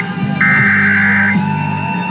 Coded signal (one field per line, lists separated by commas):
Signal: Emergency Alert System (SAME) tones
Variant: header bursts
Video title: Pennsylvania Required Monthly Tests (11/18/21)(EAS 986-991)